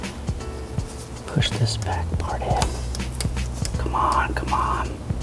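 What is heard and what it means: Someone talks while pushing the back part of a wrist pin circlip into the groove in the piston pin bore of a Yamaha Zuma 158cc BBK engine piston, with soft handling noise and a few short, sharp metallic ticks around 2.9 to 3.7 seconds. The circlip is still being coaxed into place; nothing has seated or clicked home yet.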